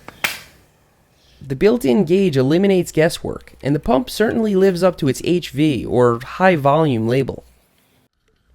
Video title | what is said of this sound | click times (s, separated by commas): 10 MTB Product Reviews - for better or worse | la pompe se clipse ensuite magnetiquemet avec un clic. | 0.2 s